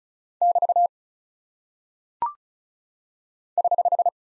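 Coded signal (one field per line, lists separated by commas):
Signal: Morse code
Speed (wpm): 36 wpm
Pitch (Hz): 700 Hz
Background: none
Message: <BT> <HH>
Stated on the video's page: Morse practice of punctuation and prosign characters at 35 wpm; each is sent, spoken, then sent again for head-copy.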